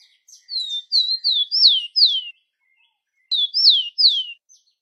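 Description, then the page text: Rufous-collared sparrow song: a run of clear, sweet whistles slurring downward, then a pause of about a second before a shorter repeat of the same notes. "TICO TICO (Zonotrichia Capensis)"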